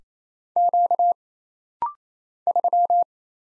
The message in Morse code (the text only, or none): Q 3